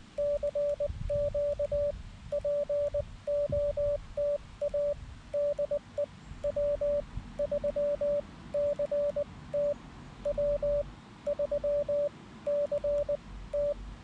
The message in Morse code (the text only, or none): CQ POTA DE W3CT W3CT